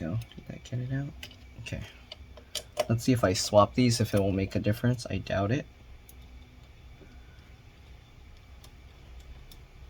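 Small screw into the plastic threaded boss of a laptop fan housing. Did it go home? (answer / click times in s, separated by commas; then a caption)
no / none. While reassembling the fan of an HP Pavilion G7 (G7-1150us) laptop, a small screw is swapped between holes and driven into a worn plastic threaded boss of the fan housing. Someone talks over faint light ticks and handling sounds, with quieter ticks around 6.1, 8.6 and 9.5 seconds. Nothing has seated or clicked: the screw just keeps spinning because the plastic thread is stripped.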